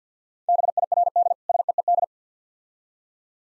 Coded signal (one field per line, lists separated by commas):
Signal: Morse code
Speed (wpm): 50 wpm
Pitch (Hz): 700 Hz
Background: none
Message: BIRD SEED